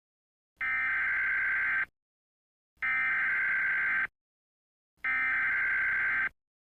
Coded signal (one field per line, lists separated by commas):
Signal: Emergency Alert System (SAME) tones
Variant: header bursts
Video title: EAS Scenario - Miami Hurricane